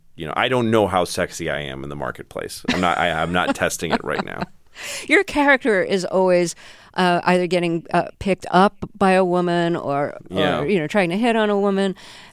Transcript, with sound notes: you know, I don't know how sexy I am in the marketplace. I'm not testing it right now.
(Laughter). Your character is always either getting picked up by a woman or, you know, trying to hit on a woman,